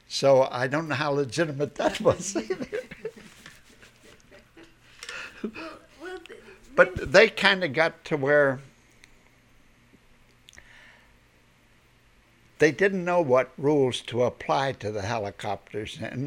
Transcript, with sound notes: so I don't know how legitimate that was either. ( they laugh ) But they kind of got to where they didn't know what rules to apply to the helicopters,